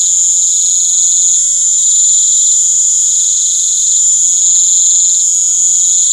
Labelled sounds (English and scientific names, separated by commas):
none